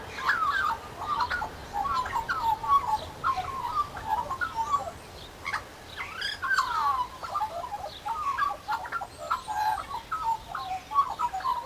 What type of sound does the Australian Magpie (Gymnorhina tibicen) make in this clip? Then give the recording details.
song. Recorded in captivity. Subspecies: hypoleuca. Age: adult. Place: Zoo Berlin, Berlin, DE. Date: 1997-10-18 11:54. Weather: sunny, 12-15°C. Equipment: Nagra SN, Kopie Uher 4000 Report Monitor. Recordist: Tembrock, Günter